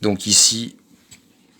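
Someone talks briefly while handling the lock lever on a miter saw's metal frame, getting ready to lock it before tilting the saw for a 45° cut, followed by faint, quiet handling sounds. The lever has not clicked locked yet.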